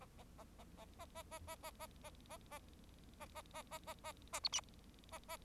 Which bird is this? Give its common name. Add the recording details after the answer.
Bengalese Finch. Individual Bird4